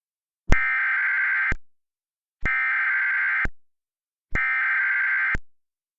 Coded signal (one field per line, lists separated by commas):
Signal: Emergency Alert System (SAME) tones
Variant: header bursts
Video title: TOR in NY??!??? - EAS Recreation